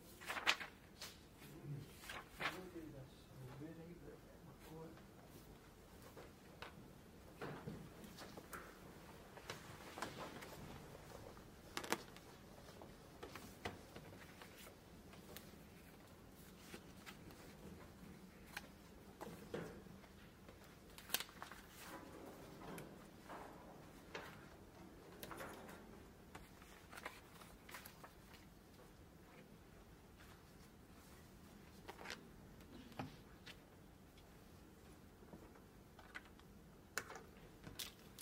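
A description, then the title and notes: A Glasgow library, with a low steady hum under scattered clicks, knocks and soft thuds, like drawers, doors and cupboards opening and closing. Faint murmurs of voices drift in and out. Sharper taps land every few seconds across the whole stretch. Glasgow library. (university of glasgow).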